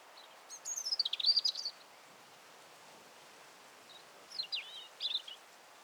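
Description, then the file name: European robin song: two short phrases of high, thin warbling notes and quick trills, separated by a few seconds of quiet background hiss. "Erithacus rubecula"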